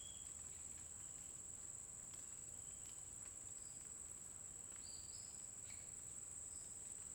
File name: Grilo constante na floresta dia passaro canta em intervalos